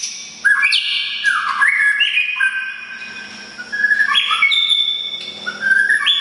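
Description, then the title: Oriental magpie-robin singing loud whistled phrases with swooping and level notes, a short lull midway, then more ringing whistles. "kacer"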